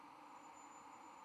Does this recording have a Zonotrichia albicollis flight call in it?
no